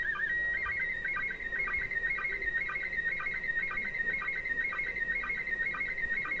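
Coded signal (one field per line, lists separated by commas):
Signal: SSTV (slow-scan television)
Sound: warbling, chirpy tone sweeping around two kilohertz with regular short low blips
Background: radio static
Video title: Women in space ISS SSTV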